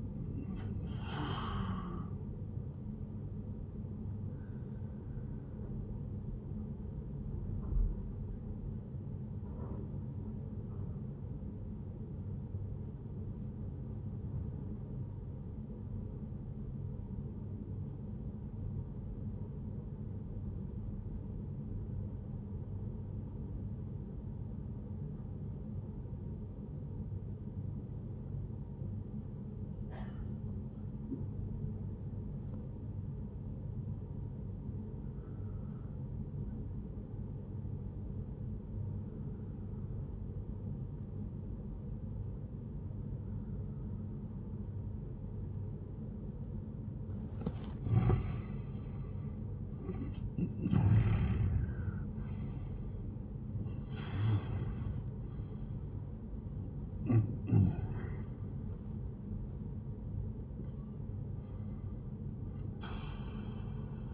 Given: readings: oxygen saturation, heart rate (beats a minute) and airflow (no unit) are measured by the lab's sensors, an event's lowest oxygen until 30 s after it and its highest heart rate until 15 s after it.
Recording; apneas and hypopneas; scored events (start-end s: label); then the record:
breathing in sleep by a smartphone at the bedside; 1
10.00-47.10 s: obstructive apnea (N1, oxygen 97% highest, then 85% lowest, heart rate 74 at the start, 89 highest)
29.00-59.00 s: new sleep stage, N2 (light sleep)
59.00-64.14 s: new sleep stage, N1 (lightest sleep)
From the record:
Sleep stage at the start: N1 (lightest sleep); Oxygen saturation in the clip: 86 to 97%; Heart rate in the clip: 71 to 89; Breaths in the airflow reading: 5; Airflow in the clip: -11.7 to 15.7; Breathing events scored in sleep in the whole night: 131 in 7.2 hours asleep